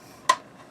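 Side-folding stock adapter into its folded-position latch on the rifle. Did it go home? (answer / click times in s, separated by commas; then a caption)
no / none. A side-folding stock adapter on a Derya TM22 rifle is lifted and folded to the left against the rifle, making a single sharp tap at about 0.3 s that quickly fades to quiet. The stock does not lock into its folded-position latch, because the thick handguard stops it about a quarter inch short, so nothing has seated or clicked.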